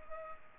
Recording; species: mosquito wingbeat signal from an infrared sensor; Culex pipiens